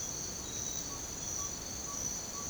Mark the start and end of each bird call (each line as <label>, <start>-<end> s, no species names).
bird call, 0.86-2.49 s